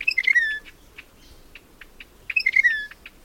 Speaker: white-bellied wren is tough to get a look at, but its brisk musical song reveals its presence as it skulks through the tropical underbrush.